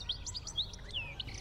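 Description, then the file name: European goldfinch giving a short run of thin chirps and downslurred whistles over a steady low background hum. "RENAUDE Chardonneret"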